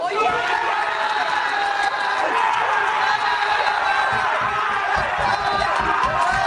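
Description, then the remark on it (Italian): Wales national football team players at their team camp cheer and shout together at England's elimination, a loud, sustained burst of celebration, voices overlapping in whoops and yells with no pauses for the full length. “Questo è il ritiro del Galles, sono i giocatori, non sono i tifosi per la strada per le strade di Cardiff.”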